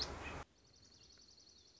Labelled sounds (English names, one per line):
Dark-eyed Junco